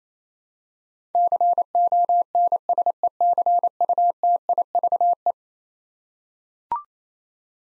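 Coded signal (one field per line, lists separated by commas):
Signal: Morse code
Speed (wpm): 28 wpm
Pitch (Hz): 700 Hz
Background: none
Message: CONSECUTIVE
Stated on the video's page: Morse head-copy practice of eleven-letter words at 28 wpm, each word sent, spoken, then sent again.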